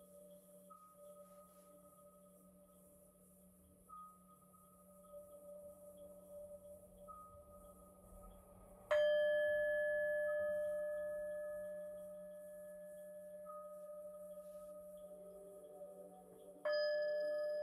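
A singing bowl hums steadily with a low drone underneath, its tone swelling gently over the first several seconds. Around nine seconds it is struck, ringing out loud and bright before slowly fading, and a second strike follows near seventeen seconds.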